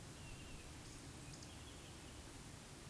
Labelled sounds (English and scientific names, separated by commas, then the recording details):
Eurasian Woodcock (Scolopax rusticola) whistle
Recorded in Baden-Württemberg, Germany, on 13 June 2021 at 20:09 UTC
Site 23718, 552 m above sea level